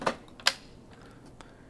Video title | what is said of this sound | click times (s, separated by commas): HID FARGO HDP6600 설치 동영상 | And we're going to push it down until we can hear it click. | 0.5 s